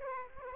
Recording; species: mosquito wingbeat signal from an infrared sensor; Aedes aegypti